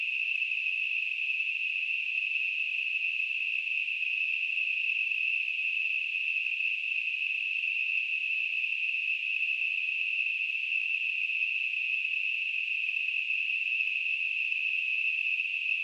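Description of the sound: Simulated tinnitus: a steady, continuous high-pitched ringing hiss, a narrow band of noise centered near 2.5–3 kHz with no low-frequency content, unchanging throughout.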